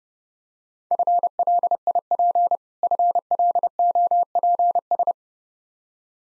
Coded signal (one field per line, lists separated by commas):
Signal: Morse code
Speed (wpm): 30 wpm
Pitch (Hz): 700 Hz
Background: none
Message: FLIP FLOPS